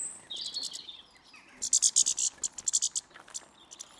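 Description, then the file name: European goldfinch twittering: a few high liquid notes, then a quick run of bright, buzzy, pulsed chirps in two short bursts. "Carduelis carduelis"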